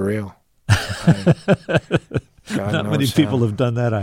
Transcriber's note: laughter